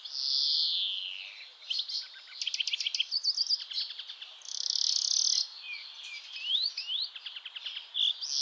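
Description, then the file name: European greenfinch song: a drawn wheeze first, then fast rattling trills, a second long buzzy wheeze midway, and rising twittered notes and trills to the end. "Chloris chloris"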